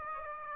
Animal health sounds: mosquito wingbeat signal from an infrared sensor; Aedes aegypti

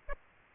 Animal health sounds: mosquito wingbeat signal from an infrared sensor; Aedes aegypti

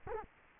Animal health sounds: mosquito wingbeat signal from an infrared sensor; Culex quinquefasciatus

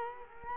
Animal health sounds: mosquito wingbeat signal from an infrared sensor; Culex quinquefasciatus

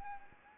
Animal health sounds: mosquito wingbeat signal from an infrared sensor; Anopheles arabiensis

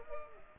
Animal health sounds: mosquito wingbeat signal from an infrared sensor; Culex pipiens

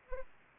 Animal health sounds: mosquito wingbeat signal from an infrared sensor; Anopheles arabiensis

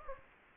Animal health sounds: mosquito wingbeat signal from an infrared sensor; Aedes aegypti

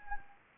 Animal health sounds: mosquito wingbeat signal from an infrared sensor; Anopheles gambiae

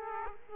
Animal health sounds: mosquito wingbeat signal from an infrared sensor; Aedes aegypti

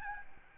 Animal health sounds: mosquito wingbeat signal from an infrared sensor; Aedes albopictus

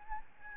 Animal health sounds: mosquito wingbeat signal from an infrared sensor; Aedes albopictus

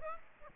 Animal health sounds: mosquito wingbeat signal from an infrared sensor; Aedes aegypti

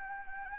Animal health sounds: mosquito wingbeat signal from an infrared sensor; Anopheles gambiae

